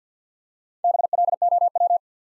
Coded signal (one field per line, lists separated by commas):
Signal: Morse code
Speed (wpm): 50 wpm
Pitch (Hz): 700 Hz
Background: none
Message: BLOW